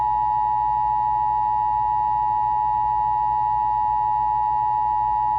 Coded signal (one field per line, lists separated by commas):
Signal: Emergency Alert System (SAME) tones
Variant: 853 and 960 Hz attention tone